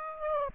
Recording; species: mosquito wingbeat signal from an infrared sensor; Aedes aegypti